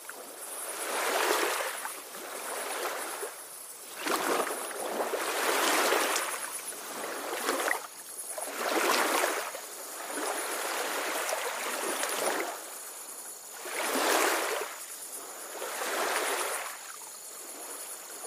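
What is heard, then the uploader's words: Small waves lap against a lakeshore in soft, regular washes, roughly every two to three seconds, each swelling and fading gently. Behind them a thin, steady insect drone hangs high and distant, unbroken throughout. Lake Waves at Nightfall. Tiny waves lap along the shore of a peaceful lake, while a chorus of insects drones in the distance.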